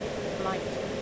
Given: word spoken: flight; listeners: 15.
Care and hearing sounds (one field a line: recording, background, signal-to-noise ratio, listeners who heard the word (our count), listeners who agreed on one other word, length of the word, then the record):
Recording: one English word in noise, from a listening test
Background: speech-shaped noise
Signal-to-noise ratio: -5.2 dB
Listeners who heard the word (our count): 0 of 15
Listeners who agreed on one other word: 8 of 15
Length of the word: 0.62 s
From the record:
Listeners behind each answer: 8, 3, 1, 1, 1, 1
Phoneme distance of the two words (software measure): 17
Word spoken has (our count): 1 syllable, 4 phonemes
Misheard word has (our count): 1 syllable, 3 phonemes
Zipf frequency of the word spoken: 4.58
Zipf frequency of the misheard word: 5.80